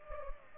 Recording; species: mosquito wingbeat signal from an infrared sensor; Culex pipiens